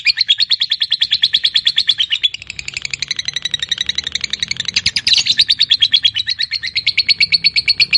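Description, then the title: Lovebird chattering song, a fast steady run of harsh, buzzy high chips that carries on without a break through all eight seconds. Fighter lovebird giving a long ngekek (ngekek panjang). "Begitu Dengar Suara Lovebird FIGHTER NGEKEK PANJANG"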